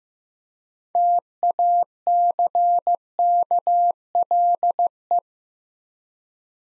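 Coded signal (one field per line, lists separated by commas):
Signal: Morse code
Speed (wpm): 15 wpm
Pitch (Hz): 700 Hz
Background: none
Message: TACKLE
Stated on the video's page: Morse practice set at 15 wpm: 6-letter words sent three letters at a time for building instant character recognition.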